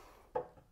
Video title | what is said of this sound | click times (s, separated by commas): The Saw Designed For Everybody? - DeWALT DWE7491RS - Review and All Adjustments | and it just pops right into place there this | 0.4 s